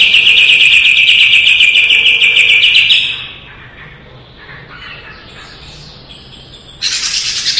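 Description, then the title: Leafbird: three seconds of a rapid, steady high trill, then quiet with faint notes, then another loud burst at the end. Lively singing (gacor), 2017. "Suara Burung Cucak Ijo Gacor 2017"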